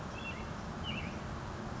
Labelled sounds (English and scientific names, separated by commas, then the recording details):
Western Tanager (Piranga ludoviciana)
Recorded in Sonoma County, California